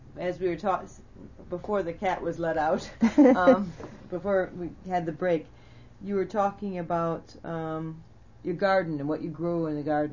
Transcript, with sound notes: As we were talking, before the cat was let out, ( they laugh ) before we had the break, you were talking about your garden and what you grew in the garden.